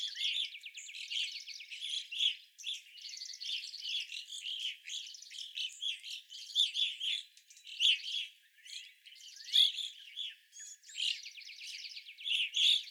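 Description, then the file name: Evening grosbeaks in a flock keep up a dense chatter of ringing chirps mixed with buzzy, rattling notes, nearly continuous with brief pauses. Several evening grosbeaks, recorded 25 April 2021. "2021-04-25 Evening Grosbeaks"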